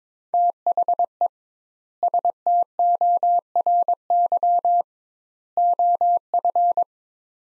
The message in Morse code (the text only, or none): THE STORY OF